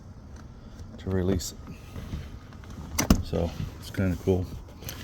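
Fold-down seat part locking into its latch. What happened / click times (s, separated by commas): The part is handled but not yet latched home / none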